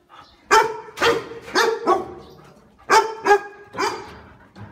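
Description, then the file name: Dog barking, several sharp mid-pitched barks in quick bursts, with short pauses between them. "Tieng cho sua"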